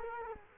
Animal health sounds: mosquito wingbeat signal from an infrared sensor; Culex quinquefasciatus

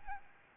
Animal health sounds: mosquito wingbeat signal from an infrared sensor; Aedes albopictus

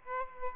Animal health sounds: mosquito wingbeat signal from an infrared sensor; Aedes aegypti

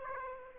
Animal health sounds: mosquito wingbeat signal from an infrared sensor; Aedes aegypti

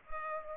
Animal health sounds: mosquito wingbeat signal from an infrared sensor; Culex pipiens

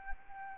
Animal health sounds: mosquito wingbeat signal from an infrared sensor; Anopheles arabiensis

